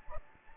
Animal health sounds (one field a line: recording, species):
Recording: mosquito wingbeat signal from an infrared sensor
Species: Anopheles gambiae